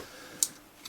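A replacement controller circuit board from an Invebo BC20 NFC Bluetooth 5.0 upgrade kit is eased down over the pegs of a half-moon plastic molding and pressed. It gives a sharp, bright snap at 0.4 s, followed by a fainter tick near 0.9 s. The board is confirmed seated in position on the molding.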